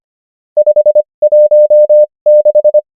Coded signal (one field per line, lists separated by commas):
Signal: Morse code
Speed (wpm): 25 wpm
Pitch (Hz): 600 Hz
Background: none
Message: 516